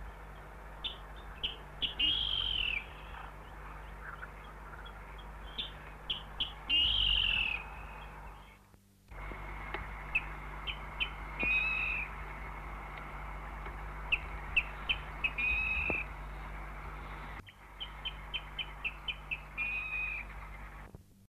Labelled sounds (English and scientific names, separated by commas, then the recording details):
Water Rail (Rallus aquaticus) song
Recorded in the wild
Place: Hannover, Niedersachsen, DE
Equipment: Halbspur, 9,5 cm/s
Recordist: Lütgens, Hans